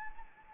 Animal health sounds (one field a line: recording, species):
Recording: mosquito wingbeat signal from an infrared sensor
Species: Anopheles arabiensis